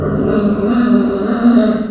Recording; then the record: squeal of a Yucatan mini pig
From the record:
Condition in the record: after surgery on the right vocal fold (resection and tissue-engineered implant); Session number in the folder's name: 9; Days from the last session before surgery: 65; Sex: female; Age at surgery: 19 weeks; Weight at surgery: 25 kg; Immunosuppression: prednisolone